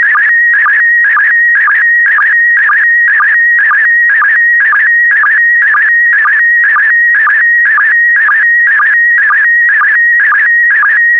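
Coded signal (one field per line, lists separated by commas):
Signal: SSTV (slow-scan television)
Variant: PD120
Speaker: get ready starting transmission in 5 4 3 2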